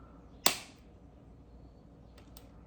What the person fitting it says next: let it do its thing. You can hear it click twice. The second click means that it's done.